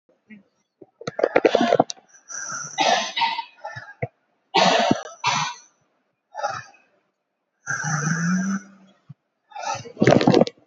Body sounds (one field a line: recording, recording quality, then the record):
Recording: deep breathing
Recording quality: moderate, slight background noise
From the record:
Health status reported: COVID-19 positive, mild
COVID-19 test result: positive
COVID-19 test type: RT-PCR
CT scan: taken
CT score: 8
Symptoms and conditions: cough, fatigue, hypertension, diabetes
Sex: male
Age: 80 years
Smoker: no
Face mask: not worn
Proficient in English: no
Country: India